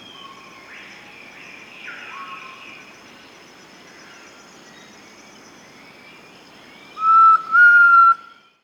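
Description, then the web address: Elusive antpitta whistled call near the end, one short note then a longer level note, after several seconds of faint other calls. Peru. "Birds of the Amazon 3. Elusive Antpitta (Grallaria eludens), Peru"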